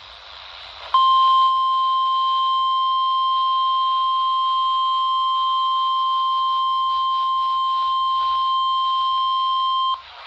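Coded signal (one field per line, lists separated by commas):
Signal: Emergency Alert System (SAME) tones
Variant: 1050 Hz attention tone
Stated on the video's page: Severe Thunderstorm Warning from NOAA weather radio transmitter on 162.500 MHz at Mount Jefferson, NC, received about 82 miles away on a RadioShack 12-254.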